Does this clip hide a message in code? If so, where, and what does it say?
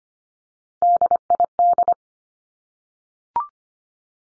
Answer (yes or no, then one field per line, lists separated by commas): yes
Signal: Morse code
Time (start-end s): 0.8-1.9 s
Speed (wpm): 25 wpm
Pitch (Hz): 700 Hz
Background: none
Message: DID